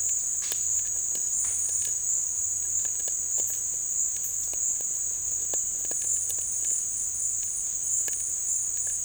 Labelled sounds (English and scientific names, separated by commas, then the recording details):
none
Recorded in dense forest near Puerto Asís, Putumayo, Colombia, on 19 March 2025 at 17:00
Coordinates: 0.484, -76.317
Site G064